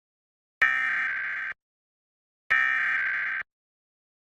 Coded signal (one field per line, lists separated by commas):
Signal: Emergency Alert System (SAME) tones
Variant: header bursts